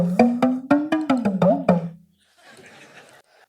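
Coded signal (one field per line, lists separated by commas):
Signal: talking drum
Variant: Spanish speech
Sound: eight quick resonant drum strokes with pitch rising and falling like speech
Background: faint room noise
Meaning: I love all the speakers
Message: Me encantan todos los ponentes.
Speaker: Me encantan todos los ponentes.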